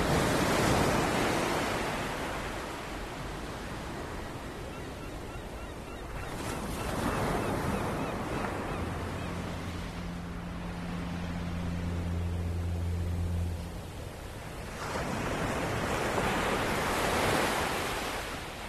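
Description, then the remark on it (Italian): Sea waves on a coast, recorded on a Sunday morning, wash in and recede in broad, hissing surges, roughly three swells rising and falling, with a brief low steady hum appearing midway. No voices. “Ecco, quello che avete sentito potrebbe essere il mare di qualunque posto, però visto che si parlava di suoni e del potere dei suoni, abbiamo voluto mandarvi questi 20 secondi di registrazione”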